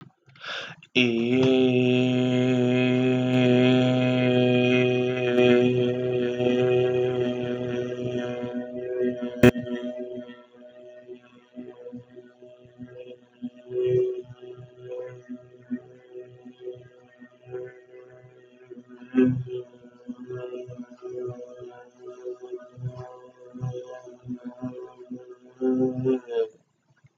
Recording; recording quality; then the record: sustained vowel as in made; excellent, no background noise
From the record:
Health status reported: healthy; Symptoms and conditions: asthma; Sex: male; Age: 21 years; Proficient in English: yes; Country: India